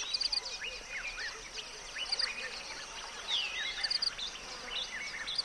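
Birds chirping and whistling, several overlapping high, short notes and rising slurs throughout, over a steady hiss of background noise.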